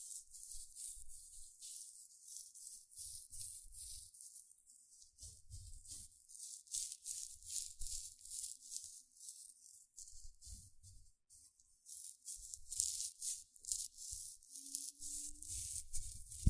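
Gentle scratching in quick, irregular strokes, each a soft bright hiss with a faint low rumble beneath. The strokes come in bursts with brief pauses throughout, growing a little louder after the midpoint. Near the end, a short low hum sounds.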